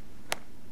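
An iPad Air, lined up with the camera hole, is pressed into the hard plastic interior clip of a Belkin MultiTasker Pro Cover case. A single sharp, bright click sounds at 0.3 s against quiet background hiss, and the tablet is seated in the clip.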